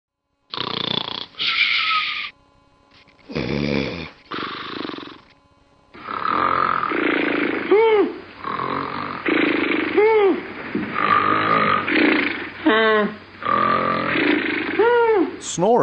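An adult sleeper gives a few short, harsh snoring bursts that give way to loud, strained, irregular snorting with pitched gasping sounds that rise and fall. This is obstructive sleep apnoea: the airway closes off, and the brain forces a partial waking to restart breathing.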